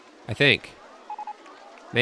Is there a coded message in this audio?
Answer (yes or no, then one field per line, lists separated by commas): no